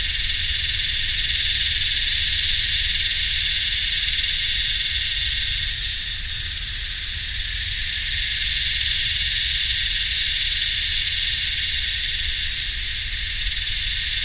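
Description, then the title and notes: Yellowbelly cicada song, a continuous high-pitched droning hiss from many insects that dips briefly midway, with a low mechanical hum underneath. Psaltoda harrisii, several cicadas singing in the heat with humming machines, subtropical dry sclerophyll forest and heathland, Royal National Park, NSW, Australia, 7 December 2015, early summer. "My Yellowbelly friends (Psaltoda harrisii) singing in the heat along with some humming machines in a mixture of subtropical dry scherlophyll forest and heathland. 7th of December, 2015 (Royal National Park, NSW, Australia.)"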